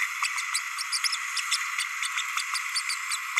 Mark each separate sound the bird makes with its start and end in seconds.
0.22-0.28, 0.92-0.99, 1.03-1.08, 1.51-1.57, 2.76-2.81